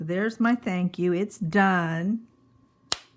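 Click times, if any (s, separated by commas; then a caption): 2.9 s. Someone talks, then pushes a plastic cap back onto a felt-tip marker after writing on a card. The cap snaps shut with a single sharp pop at 2.9 seconds and is seated, which she always makes sure to hear when using these markers.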